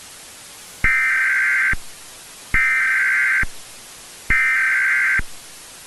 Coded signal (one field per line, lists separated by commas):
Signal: Emergency Alert System (SAME) tones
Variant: header bursts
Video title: THEY ARE NOT HUMAN - EAS Scenario (DO NOT WATCH AT NIGHT)